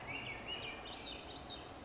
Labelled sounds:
Swainson's Thrush
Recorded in Sonoma County, California

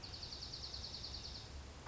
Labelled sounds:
Dark-eyed Junco
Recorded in Sonoma County, California

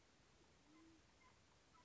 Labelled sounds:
Band-tailed Pigeon
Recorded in Sonoma County, California

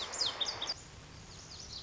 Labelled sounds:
Lazuli Bunting
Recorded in Sonoma County, California

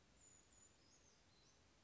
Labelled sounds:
Brown Creeper
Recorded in Sonoma County, California

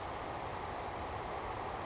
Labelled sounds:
Savannah Sparrow
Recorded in Sonoma County, California

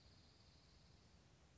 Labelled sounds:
Dark-eyed Junco
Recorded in Sonoma County, California

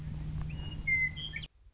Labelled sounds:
Western Meadowlark
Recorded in Sonoma County, California

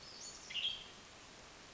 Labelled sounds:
Western Tanager
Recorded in Sonoma County, California

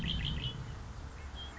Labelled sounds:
Red-winged Blackbird
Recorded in Sonoma County, California

